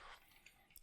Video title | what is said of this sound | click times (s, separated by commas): Nemesis Reviews Transformers x G.I. Joe Soundwave with Zartan & Zarana | Bring these down, and they'll click into place like so. | 0.5 s, 0.8 s